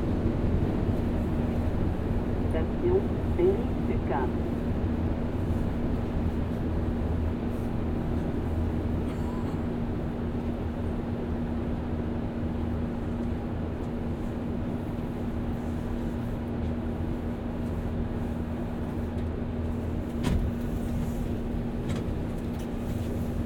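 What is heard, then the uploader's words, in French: A binaural winter walk through Montreal, filled with a steady, dense low rumble like engine or traffic noise and a constant droning hum. A few faint higher sounds pass around three seconds in, and a brief sharp tick stands out near twenty seconds. Balade binaural dans le Montréal de l'hiver.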